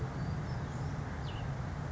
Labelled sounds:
Cassin's Vireo
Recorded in Sonoma County, California

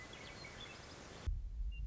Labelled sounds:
Western Meadowlark
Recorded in Sonoma County, California

